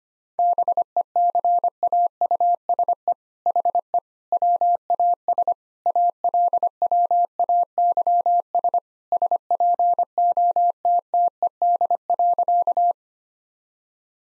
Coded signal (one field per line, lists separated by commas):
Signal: Morse code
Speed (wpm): 25 wpm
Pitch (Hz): 700 Hz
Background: none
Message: BECAUSE HE WAS ALWAYS SPOTTED.